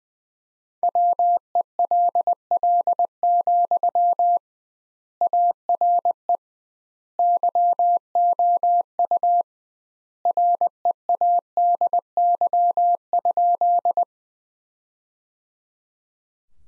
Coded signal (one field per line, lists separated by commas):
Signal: Morse code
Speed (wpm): 20 wpm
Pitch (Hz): 700 Hz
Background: none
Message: WELL, ARE YOU READY?